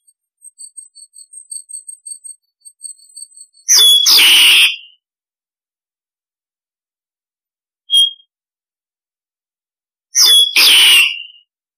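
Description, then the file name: Starling calls: a run of faint rapid ticks, then a loud harsh screech, a short whistled note, and another grating screech. Starling flock-calling sound, used to lure starlings. "Tieng sao da goi bay"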